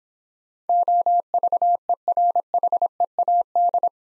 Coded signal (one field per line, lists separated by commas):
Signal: Morse code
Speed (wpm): 26 wpm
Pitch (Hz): 700 Hz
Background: none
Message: OVERHEAD